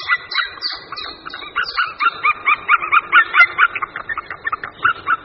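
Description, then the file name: White-tailed eagle calling: a steady run of clipped yelps, with higher, downslurred notes laid over it at the start. "Orel-mořský"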